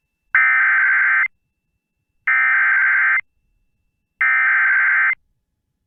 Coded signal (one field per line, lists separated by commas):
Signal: Emergency Alert System (SAME) tones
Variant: header bursts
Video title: EAS Mini-Timeline Late Week Wisconsin Severe Thunderstorms NOAA Weather Radio (NW To Cen Wisconsin)